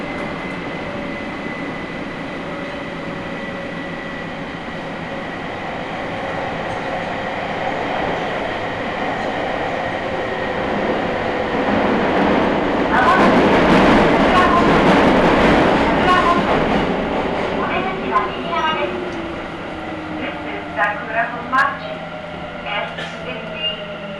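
A Nagoya Sakura-dori Line subway train: steady rumble and whine, a loud rushing surge midway, then clicking squeals near the end.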